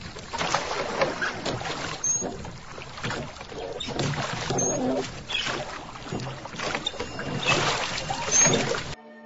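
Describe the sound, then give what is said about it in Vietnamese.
A small boat comes down the river, gliding across water with steady sloshing and paddle-like splashes swelling and easing in waves, while a few faint, high bird chirps break through now and then. “Thế Hùng mới nói tới đó, bỗng thấy có một chiếc ghe lừ ở trên chè xuống.”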